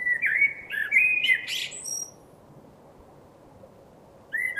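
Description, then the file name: Common blackbird singing one rich, warbling fluted phrase that climbs into a shrill high squeak. Quiet follows, then the next phrase begins at the very end. "Turdus merula"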